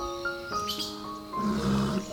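A lion behind bars at a zoo roars in a single drawn-out, rumbling growl lasting about two seconds. It swells louder toward the end, with no voices over it.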